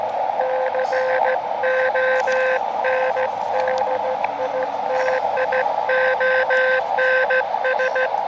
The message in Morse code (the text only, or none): CONDITIONS